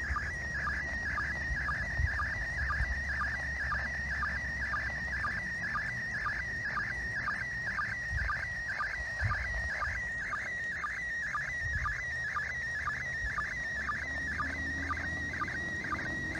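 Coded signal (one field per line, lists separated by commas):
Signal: SSTV (slow-scan television)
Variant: PD120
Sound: warbling tone with steady rhythmic low sync chirps, continuous image transmission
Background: radio static, low hum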